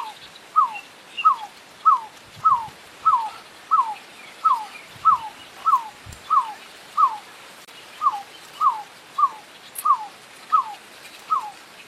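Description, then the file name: Picui ground dove delivering a steady run of many brief, falling whistled notes with one short gap, over quiet background noise. "CANTO DA ROLINHA VAQUEIRA"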